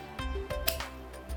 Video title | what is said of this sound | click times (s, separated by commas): This Takeda is amazing!! Also has no relation to Mortal Kombat's Kenshi in this timeline either. | little two dots you see there on each side those notches plug inside and that's what's helping it secure and stay inside so you hit a satisfying click let's just bring this over so you guys can hear that just | 0.7 s